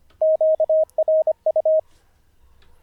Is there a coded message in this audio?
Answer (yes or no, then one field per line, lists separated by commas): yes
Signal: Morse code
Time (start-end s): 0.2-1.8 s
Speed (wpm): 25 wpm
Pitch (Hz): 630 Hz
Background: radio noise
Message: QRU